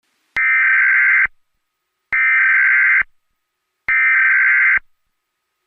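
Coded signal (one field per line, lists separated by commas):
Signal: Emergency Alert System (SAME) tones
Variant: header bursts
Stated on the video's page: Fictional EAS scenario, a remake of an earlier scenario series.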